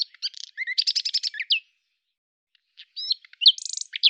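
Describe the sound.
Common nightingale singing a fast phrase of rapidly repeated buzzy notes ending in a sharp whistle, then a pause and a second phrase with a dry rattling trill.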